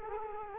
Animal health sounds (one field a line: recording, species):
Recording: mosquito wingbeat signal from an infrared sensor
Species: Culex quinquefasciatus